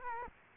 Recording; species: mosquito wingbeat signal from an infrared sensor; Culex quinquefasciatus